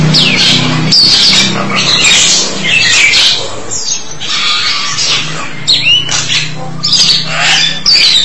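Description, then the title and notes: Starling singing a jumble of squawks, whistles and chattering notes in irregular bursts. "suara burung jalak"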